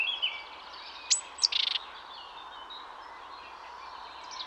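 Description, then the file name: Great tit call: a high thin note then a quick run of buzzy, stuttering notes, with faint chirps of other birds around it. "Parus major"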